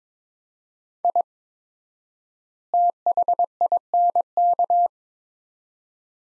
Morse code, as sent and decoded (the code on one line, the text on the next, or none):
.. / - .... .. -. -.-
I THINK